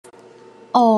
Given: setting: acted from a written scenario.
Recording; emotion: vocal sound without words; adoration